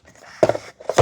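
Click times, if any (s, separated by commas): 1.0 s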